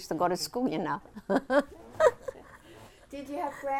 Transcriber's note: she laughs